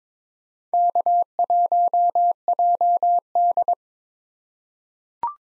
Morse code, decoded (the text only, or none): K1JD